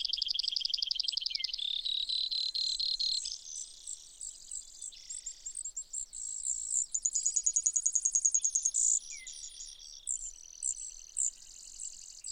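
Brewer's sparrow delivering an extended high-pitched song of alternating fast trills and buzzes, the tempo and pitch switching repeatedly over twelve seconds.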